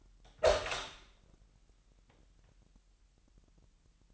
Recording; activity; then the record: daily activity, microphone in the room; open door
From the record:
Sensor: 3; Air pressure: 998.3 hPa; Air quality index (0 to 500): 143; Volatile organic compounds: 5 ppm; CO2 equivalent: 1716 ppm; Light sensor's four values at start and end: 16/45/18/17 and 16/45/18/17